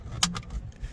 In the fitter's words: and just snaps back into place to go out you can just move the seat forward